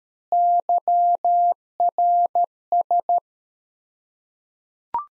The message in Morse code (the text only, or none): YRS